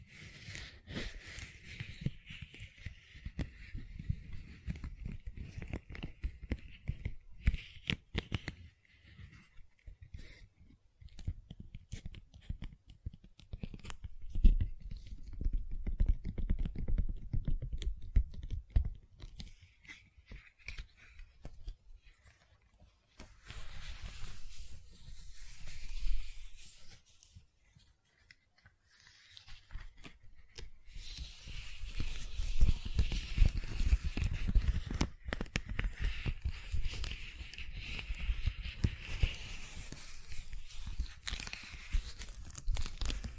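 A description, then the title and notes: Soft silicone being handled, squeezed and rubbed, with dense runs of tiny clicks, crackles and tearing-like rustles. Activity comes in bursts with low thumps, a brief quiet stretch near 27–30 seconds, then busier handling again toward the end. A faint high hiss lingers throughout. ASMR Gentle Silicon Sounds for Sleep (No Talking).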